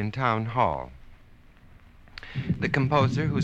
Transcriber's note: soundbite of rumbling